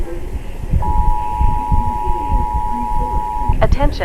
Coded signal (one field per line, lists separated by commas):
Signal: Emergency Alert System (SAME) tones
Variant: 853 and 960 Hz attention tone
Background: speech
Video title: EAS Scenario | Project Chronos: Part 1 and Part 2 (REACTION)